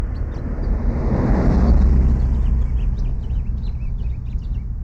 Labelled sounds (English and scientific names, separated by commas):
House Finch (Haemorhous mexicanus) song